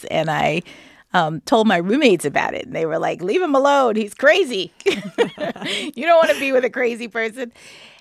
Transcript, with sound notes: And I told my roommates about it, and they were like, leave him alone. He's crazy.
(LAUGHTER)
You don't want to be with a crazy person.